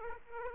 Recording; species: mosquito wingbeat signal from an infrared sensor; Aedes aegypti